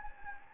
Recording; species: mosquito wingbeat signal from an infrared sensor; Anopheles gambiae